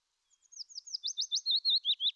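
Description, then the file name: Willow warbler song beginning with thin, high notes that grow louder and fuller as the phrase drops into lower whistled slurs. "fitis"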